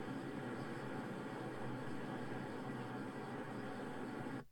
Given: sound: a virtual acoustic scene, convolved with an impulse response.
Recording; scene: olnoise with the direct sound of the target; living room, asymmetric